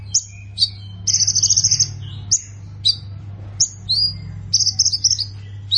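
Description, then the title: Plain prinia giving sharp upslurred chirps spaced by short pauses and two brief rapid trills, all high-pitched, over a low steady hum. "Ciblek Sawah"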